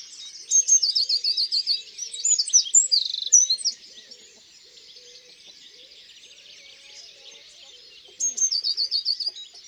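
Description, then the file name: Eurasian blue tit song of high thin notes running into a fast trill. After a quiet pause of several seconds, the bird repeats a shorter trilled phrase. Recorded in the countryside. "Mesange bleue Chants doiseaux dans la campagne"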